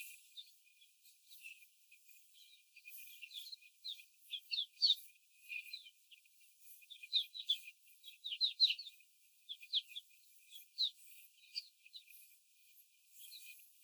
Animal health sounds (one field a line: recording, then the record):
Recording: young laying hens in a cage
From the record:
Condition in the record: before the stressor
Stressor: simulated dog barking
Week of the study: 4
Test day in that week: 1